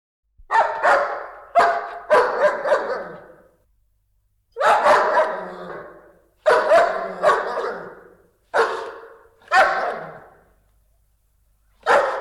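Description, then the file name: Dog barking in bursts of deep, gruff woofs, the bursts separated by brief silences. Large dogs. "Spectacular Sound Effects - Dogs Large Dogs Barking"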